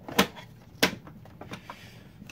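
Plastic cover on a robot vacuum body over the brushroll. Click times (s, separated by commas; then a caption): 0.8 s. A plastic brushroll cover on a Neato Botvac Connected Series D3, D5 or D7 robot vacuum is pressed down over the brushroll. After a sharp tap at 0.2 s, it snaps into place with a crisp click at 0.8 s, which shows the brushroll beneath is seated correctly.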